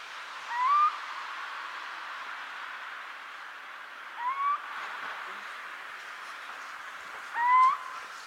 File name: kuvik hangja